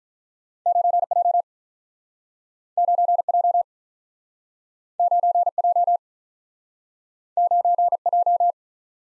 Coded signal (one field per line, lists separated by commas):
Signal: Morse code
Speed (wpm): 46 wpm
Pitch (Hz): 700 Hz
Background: none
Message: 9 J 9 J 9 J 9 J